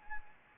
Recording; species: mosquito wingbeat signal from an infrared sensor; Anopheles arabiensis